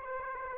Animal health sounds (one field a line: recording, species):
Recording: mosquito wingbeat signal from an infrared sensor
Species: Aedes aegypti